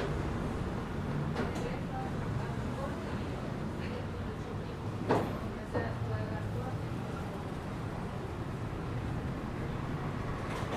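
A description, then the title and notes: A hotel lobby in Playa Del Carmen hums with steady low road noise and murmured talking, with sharp knocks near five and six seconds. Waiting In The Hotel Lobby (Ambient Sounds, Road Noise, Talking). At our hotel in Playa Del Carmen, Mexico waiting in the lobby for check. The hotel lobby is an indoor/outdoor space so you will hear road noise. Spanish Speaking.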